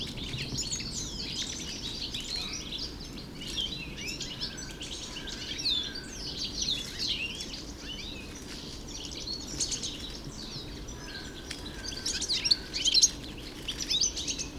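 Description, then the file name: European goldfinch song: soft, continuous high chattering and tinkling notes, growing louder and sharper near the end. 3 February 2015, Hofgarten park, Landshut. "Stieglitz 03 02 2015 Landshut Hofgarten Susanne Rieck"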